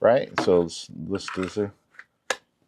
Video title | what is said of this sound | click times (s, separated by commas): Can the Kizer knives Metaproptizol hold up? Let's find out!! | Got a nice click in there. | 2.3 s